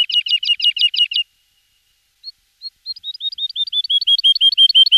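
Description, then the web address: Woodlark song: a rapid trilled phrase, a pause, then soft liquid notes that speed up and grow louder into a rolling series. Song recorded in a local recreation area. "Naherholungsgebiet Gesang Heidelerche"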